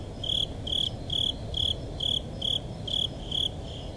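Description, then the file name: Japanese burrowing cricket singing a steady series of short, shrill, high-pitched chirps about twice a second, with low rumble underneath. "tuzuresase"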